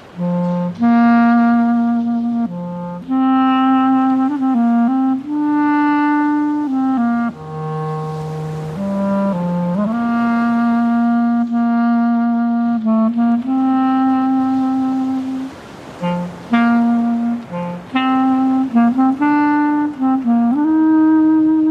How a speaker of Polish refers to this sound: I bardzo cię poproszę, abyś zagrał fragment bajki, melodii z bajki i dzieci, mam nadzieję, że rozpoznają. Co to za bajka?